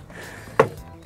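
A power window switch wiring harness connector behind the door panel of a Laguna 3 is pushed into the door wiring during a door lock replacement. Against a quiet background with a faint soft sound near 0.1 s, one sharp, short snap is heard at 0.6 s. The connector is seated and well fitted.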